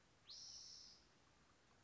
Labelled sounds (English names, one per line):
Spotted Towhee